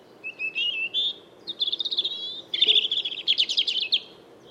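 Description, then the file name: European robin song: a thin rising whistled phrase, then several bursts of rapid, liquid trilling notes. "Erithacus rubecula"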